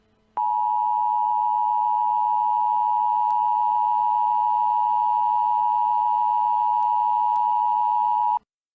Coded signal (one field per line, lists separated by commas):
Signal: Emergency Alert System (SAME) tones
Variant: 853 and 960 Hz attention tone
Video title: EAS Mock Monday S1 Ep1: Shelter In-Place Warning in Pennsylvania || Sep 19-20, 2014